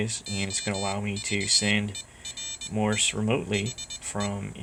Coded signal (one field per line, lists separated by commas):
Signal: Morse code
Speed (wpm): 20 wpm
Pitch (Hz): 3600 Hz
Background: speech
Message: OVER THE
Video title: Morse Code Over Wifi with Two ESP32 Boards